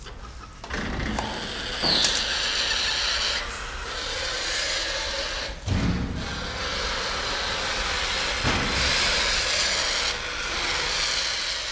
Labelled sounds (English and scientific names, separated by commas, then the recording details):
Spotted Thick-knee (Burhinus capensis) hissing
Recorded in captivity
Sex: pair
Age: adult
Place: Zoo Berlin, Berlin, DE
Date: 1993-01-30 11:20
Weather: -6° C, sonnig
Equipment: Marantz CP 430, Sennheiser ME 80, Kopie Uher Variocord 263
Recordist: Tembrock, Günter